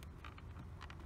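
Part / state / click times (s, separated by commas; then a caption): turn signal lens housing into side view mirror / not seated / none. A turn signal lens housing is handled on the side view mirror of a 2011 Volvo XC90 as it is pressed back so its small plastic clips go down into place, with LED mirror lights being installed. Brief handling taps come at about 0.0, 0.3, 0.4, 0.8 and 0.9 seconds over a steady low rumble. Nothing has seated or clicked yet.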